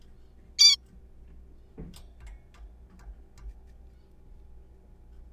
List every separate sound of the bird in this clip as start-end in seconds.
0.59-0.76